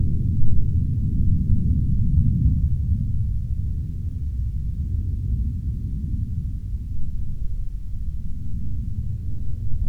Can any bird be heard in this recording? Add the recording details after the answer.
no. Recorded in the Arctic National Wildlife Refuge, Alaska, on 16 August 2019 at 02:15. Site 40